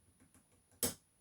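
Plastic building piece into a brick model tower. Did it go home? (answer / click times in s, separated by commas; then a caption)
yes / 0.8 s. A plastic building piece is lined up on a brick model tower and pushed in, with a few faint ticks before a single sharp, bright click at 0.8 s. The piece snaps into place and is seated.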